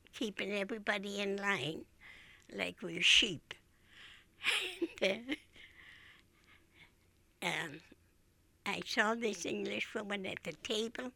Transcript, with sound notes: keeping everybody in line like we're sheep. [Laughs] And I saw this Englishwoman at the table.